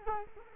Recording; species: mosquito wingbeat signal from an infrared sensor; Culex quinquefasciatus